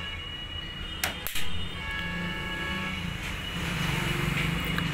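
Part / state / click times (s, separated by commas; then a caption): roller bearing lock in a copier's roller assembly / seated / 1.0 s, 4.8 s. A roller part is set on its bearing in a Xerox 7855 colour copier's roller assembly and pushed until its plastic lock engages. Sharp clicks sound at 1.0 s and 4.8 s over a steady background hum with faint tones. The roller bearing lock snaps home and is properly locked.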